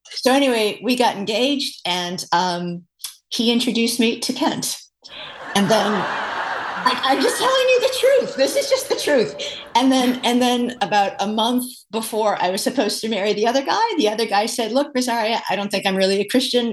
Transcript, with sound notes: So anyway, we got engaged, and he introduced me to Kent. (laughter) I’m just telling you the truth, this is just the truth! And then about a month before I was supposed to marry the other guy, the other guy said, “Look, Rosaria, I don’t think I’m really a Christian.